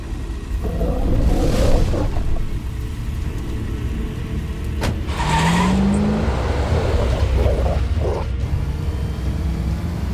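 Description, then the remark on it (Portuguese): A car drives along with a steady low engine rumble and road noise, a brief rising whine midway, and scattered creaks and mechanical clunks throughout; no one speaks. “Olha, manobrar esse carro enquanto controlo o corpo não é nada fácil pra mim.”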